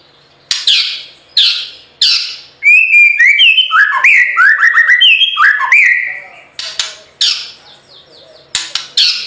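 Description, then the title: White-rumped shama song: harsh scratchy bursts open and close a fast rolling run of loud, clear whistled notes dipping and rising in quick succession. Training (masteran) recording: full rolling (ngerol) song in "nembak" style. "Masteran Murai Batu Full Ngerol Nembak"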